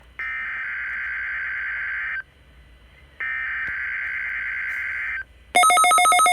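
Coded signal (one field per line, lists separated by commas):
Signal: Emergency Alert System (SAME) tones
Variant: header bursts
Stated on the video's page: NOAA weather radio Required Weekly Test on a WR400 receiver, activated by a National Weather Service office.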